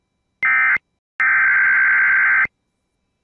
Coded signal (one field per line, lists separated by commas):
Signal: Emergency Alert System (SAME) tones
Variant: header bursts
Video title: WE ARE HALF WAY TO EAS #500 EAS Alerts From 4/9/21 (EAS #445-457)